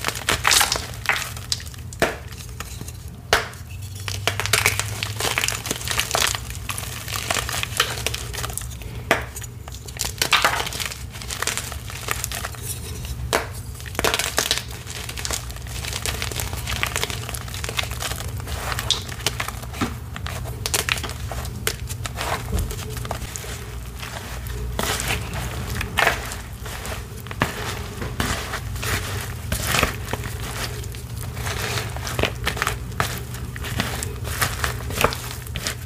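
Wet purple gym chalk is crushed and mixed into a paste, giving a steady run of crackly, crinkling squelches. Sharp bright crunches break through every second or two, over a constant low hum that sits underneath the whole time.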